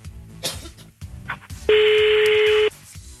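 A telephone dialing tone as a call is placed: one loud, steady electronic beep lasting about a second, rising abruptly above a low, busy background of murmuring sounds and soft clicks.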